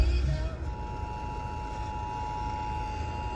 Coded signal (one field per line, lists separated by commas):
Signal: Emergency Alert System (SAME) tones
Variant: 853 and 960 Hz attention tone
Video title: SEVERE WEATHER MAYHEM - EAS Alerts from 4-9-21 (EAS #193-210)